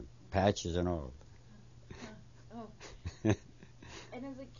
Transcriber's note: he laughs